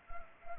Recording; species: mosquito wingbeat signal from an infrared sensor; Anopheles gambiae